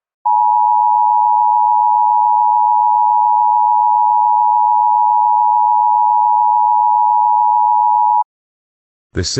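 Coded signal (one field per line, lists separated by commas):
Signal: Emergency Alert System (SAME) tones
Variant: 853 and 960 Hz attention tone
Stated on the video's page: Reenactment mock with valid EAS tones of an Immediate Evacuation alert for Beauregard Parish ahead of Hurricane Delta.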